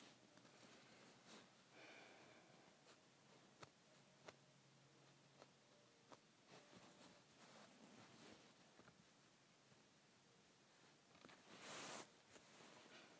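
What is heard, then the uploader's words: A geode is scratched, giving a steady, gritty rasp with a light hiss running throughout. Sharp little clicks and ticks land every second or so, mostly between three and seven seconds, and a louder scraping burst stands out near twelve seconds. ASMR Scratching my Geode.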